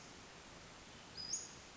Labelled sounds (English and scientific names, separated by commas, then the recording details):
Western Flycatcher (Empidonax difficilis)
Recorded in Sonoma County, California